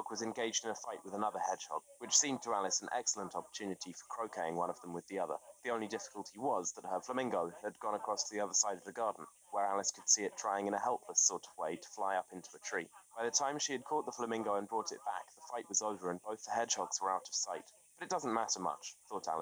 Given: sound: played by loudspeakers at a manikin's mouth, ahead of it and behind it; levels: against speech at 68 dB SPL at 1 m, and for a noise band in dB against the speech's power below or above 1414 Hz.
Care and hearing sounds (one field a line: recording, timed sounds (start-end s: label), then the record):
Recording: test signals for a remote microphone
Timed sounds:
0.00-19.42 s: man speaking, babble ahead at +6 dB SNR for speech at 1 m
From the record:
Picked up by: remote microphone B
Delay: 24 ms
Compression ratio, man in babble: 1.70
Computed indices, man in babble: HASPI 0.999, HASQI 0.276 (non-linear 0.326, linear 0.847), ESTOI 0.728